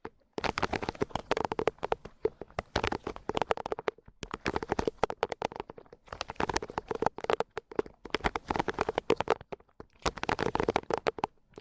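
Crisp crackling and rapid tapping sounds for tingles. The dense clicks come in bursts of a few seconds, broken by brief near-silent pauses around the 4, 6 and 9.5 second marks, with no voice heard.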